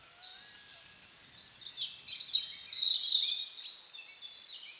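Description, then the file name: European robin song: a dense, high warbled phrase swelling in the middle, with a faint lower whistle early and soft background noise. "Erithacus rubecula"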